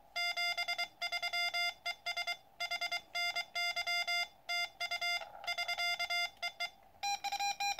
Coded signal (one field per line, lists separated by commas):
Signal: Morse code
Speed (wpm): 23 wpm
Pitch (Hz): 2100 Hz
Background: music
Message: 73 ES HNY TU <SK> EE